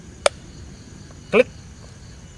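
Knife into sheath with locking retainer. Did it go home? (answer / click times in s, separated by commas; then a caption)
yes / 0.3 s. A Morakniv Garberg knife is pushed into its sheath, which has a locking retainer, and a sharp, bright click sounds at 0.3 s as it seats home. Someone talks briefly afterward.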